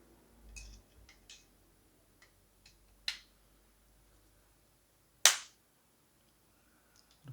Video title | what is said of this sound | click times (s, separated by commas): 459. 크라운 레이스 탈부착 방법 | 딱 소리가 나면서 얘들이 올라왔어요 | 5.3 s